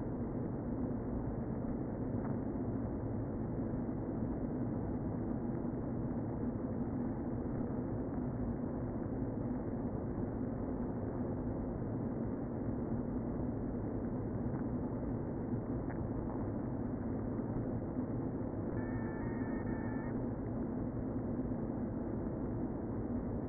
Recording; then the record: honeybee colony, microphone inside the hive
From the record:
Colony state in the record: queen present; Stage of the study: before two queens were removed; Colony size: about 60,000 bees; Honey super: yes